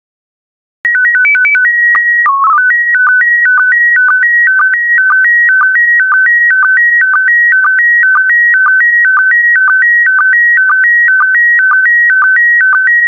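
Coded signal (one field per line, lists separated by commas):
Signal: SSTV (slow-scan television)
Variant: PD 120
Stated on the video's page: PD120 SSTV transmission.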